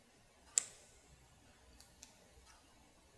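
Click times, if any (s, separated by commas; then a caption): 0.6 s. A custom-made printed hub for a droid's dish mast is pressed onto a servo horn and snaps into place with one sharp click at 0.6 s, followed by two faint ticks near 1.8 s and 2.0 s. The hub is seated with a tight fit.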